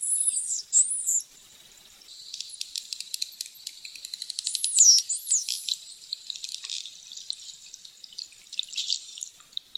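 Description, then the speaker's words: Bottlenose dolphin whistles, high rising and falling sweeps, mixed with rapid clicking bursts. Bottlenose dolphins recorded in the Bahamas; whistles used to communicate with other dolphins; each individual has its own signature whistle, a sort of name within the pod. "Each individual has its own signature whistle, sort of a name within the pod."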